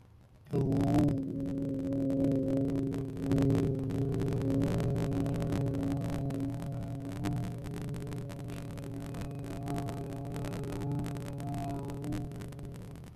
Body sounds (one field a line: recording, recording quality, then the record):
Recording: sustained vowel as in boot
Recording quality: moderate, slight background noise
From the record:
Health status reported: healthy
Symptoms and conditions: none ticked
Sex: male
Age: 21 years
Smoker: not ticked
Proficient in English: yes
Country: India